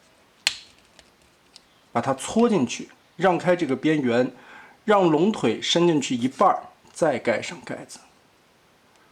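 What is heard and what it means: A plastic hook latch on the leg cover of a nylon Magic Square (MS) Transformers Sludge robot dinosaur toy snaps open with one sharp, loud crack at 0.5 s during transformation. Two fainter ticks follow at about 1.0 s and 1.6 s, and from about 2 s someone talks.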